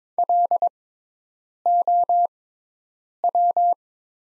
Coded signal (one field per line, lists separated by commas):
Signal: Morse code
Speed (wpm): 22 wpm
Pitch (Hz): 700 Hz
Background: none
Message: LOW